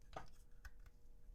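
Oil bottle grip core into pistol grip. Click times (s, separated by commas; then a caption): 0.6 s. An oil bottle grip core is pushed into a pistol grip that has a trigger adjustment screw in place, a little tight. After a brief scrape at 0.2 s, a sharp click at 0.7 s marks the core locking into place in the grip.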